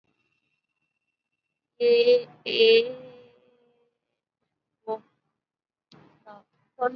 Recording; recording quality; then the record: sustained vowel as in made; moderate, slight background noise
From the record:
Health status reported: COVID-19 positive, moderate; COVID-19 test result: positive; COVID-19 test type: RT-PCR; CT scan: not taken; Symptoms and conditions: cough, cold, sore throat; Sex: female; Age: 23 years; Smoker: no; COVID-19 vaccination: one dose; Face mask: worn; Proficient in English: yes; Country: India